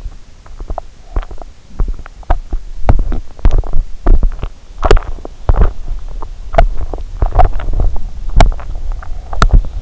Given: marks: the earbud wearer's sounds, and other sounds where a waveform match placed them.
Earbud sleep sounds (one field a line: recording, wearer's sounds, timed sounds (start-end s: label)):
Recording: sounds in sleep by an in-ear microphone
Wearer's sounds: teeth grinding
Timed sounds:
0.49-9.82 s: teeth grinding